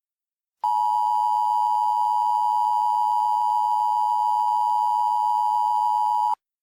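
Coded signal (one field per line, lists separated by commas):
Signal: Emergency Alert System (SAME) tones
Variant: 853 and 960 Hz attention tone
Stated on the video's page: Fictional mock EAS alert.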